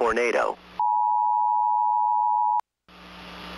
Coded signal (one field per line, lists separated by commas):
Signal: Emergency Alert System (SAME) tones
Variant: 853 and 960 Hz attention tone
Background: speech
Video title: EAS YTP - The Wrath of Martin Greene